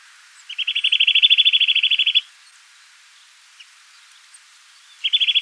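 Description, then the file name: Eurasian nuthatch calling in a rapid rattling trill of piping notes lasting under two seconds, then a second trill beginning at the close. "Sitta europaea"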